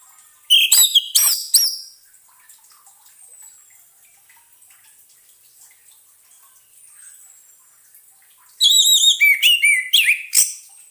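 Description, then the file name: Orange-headed thrush singing short bursts of sweet, varied whistles and high chirps, with a long quiet gap between two phrases. Therapy sound meant to restart singing in an orange-headed thrush (anis merah) that has stopped singing (macet bunyi). "terapi suara anis merah macet bunyi"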